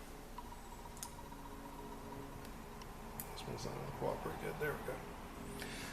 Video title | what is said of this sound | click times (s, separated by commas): Smith & Wesson Sigma VE Reduced Power Spring Set installation from Galloway Precision | right so you see just when you push it back you'll hear it click and it'll actually seat back in that pocket | 3.2 s